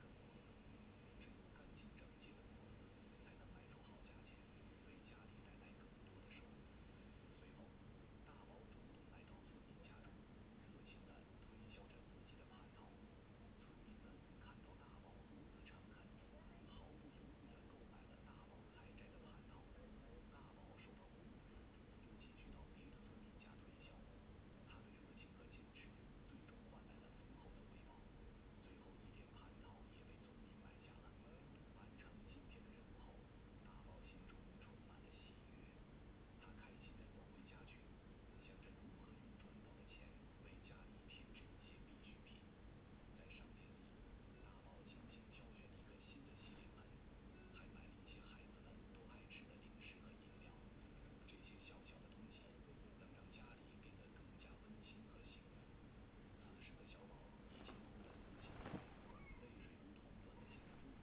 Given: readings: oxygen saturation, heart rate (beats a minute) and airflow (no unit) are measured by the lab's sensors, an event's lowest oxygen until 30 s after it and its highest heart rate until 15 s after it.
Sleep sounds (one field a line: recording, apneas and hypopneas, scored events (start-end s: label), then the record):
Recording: a person awake in a sleep study, by a voice recorder at the bedside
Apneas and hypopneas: none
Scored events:
0.00-61.03 s: awake
From the record:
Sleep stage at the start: awake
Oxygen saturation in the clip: 94 to 96%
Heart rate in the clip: 66 to 76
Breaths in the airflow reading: 12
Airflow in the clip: -4.4 to 5.3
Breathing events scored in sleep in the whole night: 131 in 7.2 hours asleep